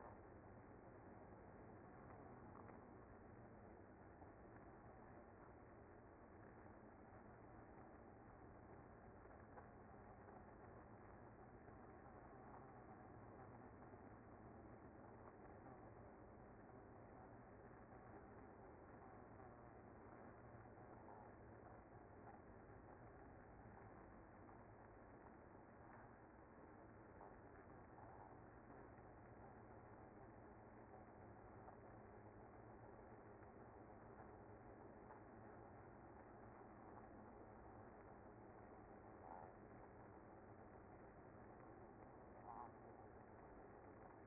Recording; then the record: honeybee colony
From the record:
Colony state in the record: active